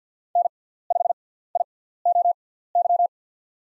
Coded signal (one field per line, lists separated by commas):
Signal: Morse code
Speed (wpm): 45 wpm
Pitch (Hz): 700 Hz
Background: none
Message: N5IOY